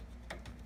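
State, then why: Seated. A PCIe power cable's plastic connector is pushed into the power socket on the back edge of a graphics card and clicks as it latches at 0.3 s, followed by a softer tick at about 0.5 s. The connector is seated.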